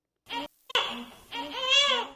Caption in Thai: เสียงร้องของลูกทารก.